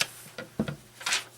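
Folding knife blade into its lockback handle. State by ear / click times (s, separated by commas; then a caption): not seated / none. An oversized Tomahawk folding knife with a steel blade and a lockback that has a little play is handled as the blade is opened toward its lock. Light taps and knocks come at about 0.0, 0.4, 0.6 and 0.7 s, followed by a brighter scraping rustle around 1.1 s. Nothing has seated or clicked yet.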